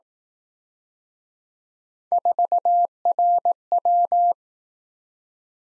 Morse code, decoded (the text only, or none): 4RW